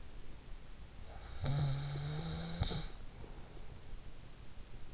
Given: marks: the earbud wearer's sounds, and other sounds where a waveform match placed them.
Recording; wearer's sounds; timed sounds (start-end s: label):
sounds in sleep by an in-ear microphone; snoring breath
1.20-4.10 s: snoring breath